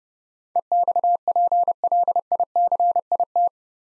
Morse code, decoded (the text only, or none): EXPLICIT